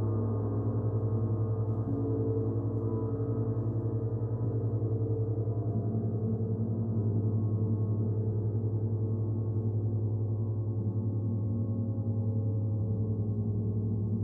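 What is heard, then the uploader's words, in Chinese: A gong's sound bath hums through the whole stretch, a dense, low, steady wash of overlapping tones that swells and shimmers slowly without any fresh strike standing out. The sound sits deep and warm, with little brightness above and a constant level throughout. 銅鑼靜心 Gong。這次在靜心狀態下振動銅鑼，音波頻率與以往不同。銅鑼音波。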